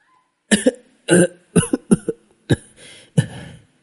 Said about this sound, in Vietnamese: dùng sức ho khan dữ dội, từ trong vách tường giãy giụa đi ra, há miệng phun ra một ngụm máu tươi.